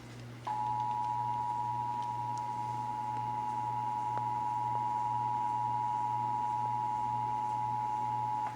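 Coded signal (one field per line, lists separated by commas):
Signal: Emergency Alert System (SAME) tones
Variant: 853 and 960 Hz attention tone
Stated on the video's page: Texas required monthly test heard on several radio and television stations.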